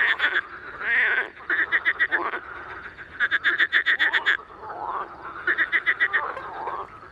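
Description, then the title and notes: Marsh frog giving quick pulsed laughing rattles in several bursts, with some sliding croaks between them. Evening at a small pond, 11 May 2019; rain all day, 14 °C, cool for May; intense activity; recorded with Nagra Seven and MKH40 on a pole. "Soirée aux Grenouilles rieuses. 11 mai 2019-Étang de Beaumont - pluie - 14°. le chant des grenouilles rieuses"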